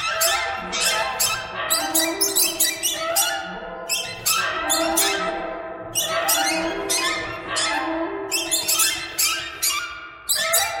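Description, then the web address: Birds chattering loudly, harsh rasping squawks coming in clusters of quick notes, several callers at once. "soundfactory birds"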